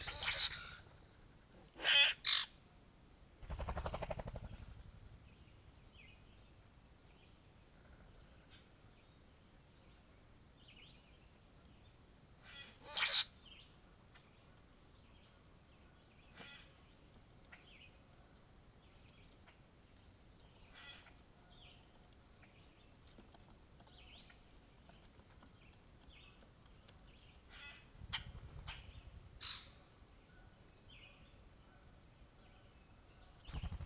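A quiet spring night soundscape with faint scattered calls over a low hush, broken by a few sharp loud bursts near the start and around thirteen seconds.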